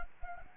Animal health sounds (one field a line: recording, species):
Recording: mosquito wingbeat signal from an infrared sensor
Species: Anopheles gambiae